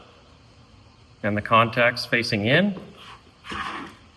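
A battery pack is being handled for insertion into the battery slot of an antenna, label down with its contacts facing in. Someone talks throughout, and the clip ends before the pack goes home, so nothing has seated or snapped in yet.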